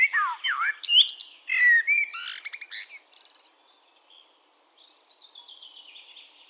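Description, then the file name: Common blackbird song: a low, fluty whistled warble that breaks into a squeaky, high twitter, then softer thin trills. "Turdus merula"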